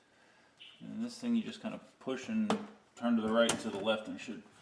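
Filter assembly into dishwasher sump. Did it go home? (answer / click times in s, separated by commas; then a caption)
no / none. A dishwasher filter assembly is pushed and turned right and left into the sump of a GE Profile dishwasher during a drain pump replacement, while someone talks over faint handling sounds. The filter is still being worked into place, and nothing has seated or clicked yet.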